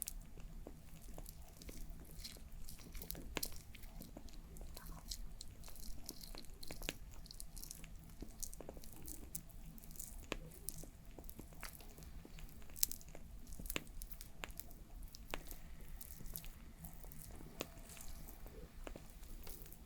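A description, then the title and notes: A crackling fire pops and snaps irregularly over a steady low hum, with sharp bright crackles every second or so and a few louder pops near the middle. The sound is dense, with faint soft handling noises mixed in. Doing My Nails For Christmas｜With Crackling Fire Sounds (No Talking).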